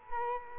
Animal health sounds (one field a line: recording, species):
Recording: mosquito wingbeat signal from an infrared sensor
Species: Culex quinquefasciatus